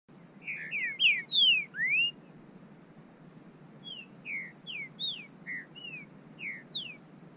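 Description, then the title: Bird calls: a rapid run of high, slurred whistles early on, then a looser series of short rising and falling whistled notes roughly every half second over soft hiss. "burung"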